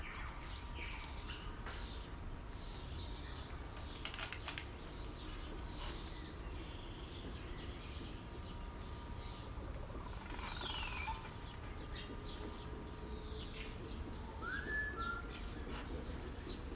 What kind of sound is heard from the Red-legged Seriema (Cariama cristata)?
call